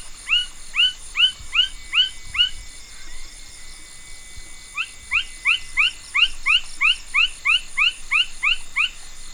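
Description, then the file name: Side-spotted frog call: five rising chirps, a short gap, then a longer run of similar quick upward notes, over steady high-pitched background noise. "Pulchrana laterimaculata"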